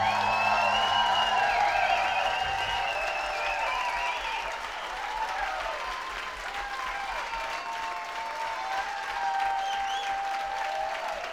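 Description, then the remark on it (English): At a memorial for a musician, a crowd breaks into sustained applause, a dense steady wash of clapping that stays loud for about eleven seconds, with scattered whistles and cheers rising through it. “So let's have a wonderful round of applause for Mr. Brad Cordell, please.”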